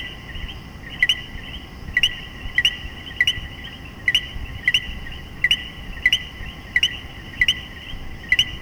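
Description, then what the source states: Common coquí repeated co-qui calls, a brief note followed by a higher upswept one, roughly every half second to second, over a constant high-pitched chorus. Puerto Rico.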